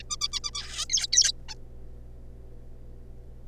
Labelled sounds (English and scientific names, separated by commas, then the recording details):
Zebra Finch (Taeniopygia guttata)
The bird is a juvenile
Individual R3549